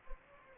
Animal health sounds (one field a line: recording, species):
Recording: mosquito wingbeat signal from an infrared sensor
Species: Anopheles gambiae